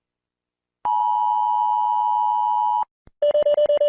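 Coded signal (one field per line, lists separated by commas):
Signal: Emergency Alert System (SAME) tones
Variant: 853 and 960 Hz attention tone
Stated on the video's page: Collection of EAS alarms.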